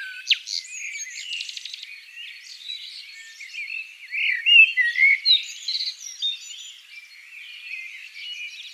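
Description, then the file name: Eurasian blackbird song: a quick rattling twitter early on, then a louder phrase of fluty warbled notes. "Turdus merula"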